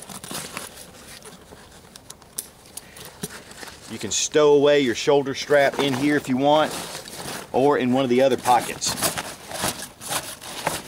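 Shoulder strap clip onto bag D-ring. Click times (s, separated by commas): 2.4 s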